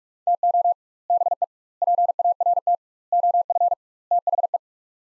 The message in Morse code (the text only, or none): TO BE PART OF THE